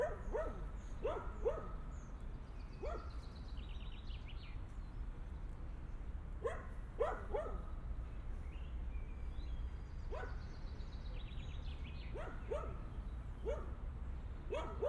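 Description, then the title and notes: Dog barking in quick runs of several barks with pauses between, over a steady low rumble. Dogs crossing a park on Via Irnerio, Bologna, Italy; recorded by students of the Liceo Musicale L. Bassi for the ALEarth project. "Via Irnerio, 2/3, 40126 Bologna BO, Italia - Cani. Cani che attraversano il parco Registrazione raccolta dagli studenti del Liceo Musicale L. Bassi di Bologna, progetto ALEarth"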